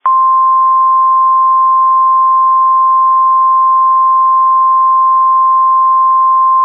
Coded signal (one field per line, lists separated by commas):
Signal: Emergency Alert System (SAME) tones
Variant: 1050 Hz attention tone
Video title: Severe Thunderstorm Warning EAS Monroe Morgan Owen County Indiana NOAA Indianapolis 7 17 23 8:04 PM